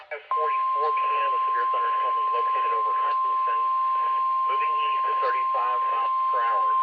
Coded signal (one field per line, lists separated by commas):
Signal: Emergency Alert System (SAME) tones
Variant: 1050 Hz attention tone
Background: speech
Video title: Eas alerts vid